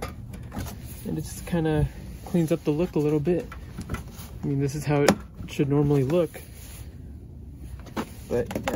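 A plastic lower front bumper grille on a 2016 Subaru Impreza is pushed against the front bumper until its trim clips click at 0.0 s and 0.3 s, and it pops back into place. Afterward someone talks over a low background hum, and a faint tap comes near 7.8 s. The grille ends up seated in the bumper.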